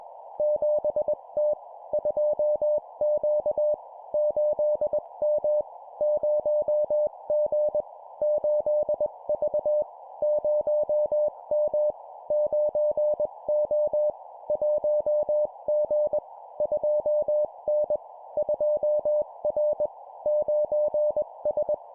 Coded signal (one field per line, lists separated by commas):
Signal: Morse code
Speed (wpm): 21 wpm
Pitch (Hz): 600 Hz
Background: none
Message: 7T 2Q 8M 0G 8V 0M 9O 1G 2N 2R 9S